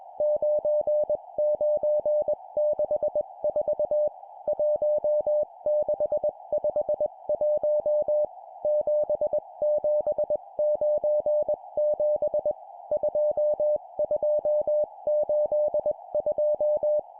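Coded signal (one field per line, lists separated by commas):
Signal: Morse code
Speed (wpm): 21 wpm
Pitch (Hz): 600 Hz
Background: music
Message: 9964 1651 7797 2282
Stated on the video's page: Morse code practice at 20 wpm: four-character groups of numbers.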